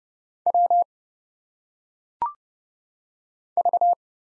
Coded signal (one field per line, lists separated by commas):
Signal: Morse code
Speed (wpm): 30 wpm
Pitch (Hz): 700 Hz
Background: none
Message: W V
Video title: Single Letters - Phonetic Pronunciation - 30wpm